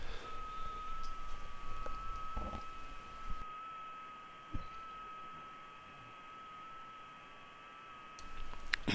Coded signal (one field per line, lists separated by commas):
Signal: FT8